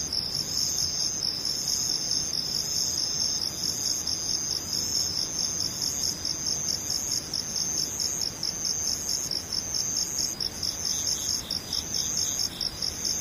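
Insects chirp in a dense, unbroken high trill that holds steady for the whole recording, pulsing rapidly and evenly like crickets close by. Underneath runs a soft, low rumbling murmur, faint and constant, with no other distinct events.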